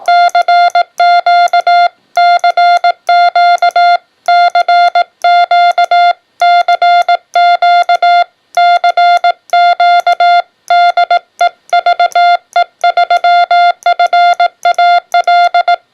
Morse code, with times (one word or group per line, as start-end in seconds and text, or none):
0.1-1.9 CQ
2.2-4.0 CQ
4.3-6.1 CQ
6.4-8.2 CQ
8.6-10.4 CQ
10.7-11.5 DE
11.7-15.8 VE3FAL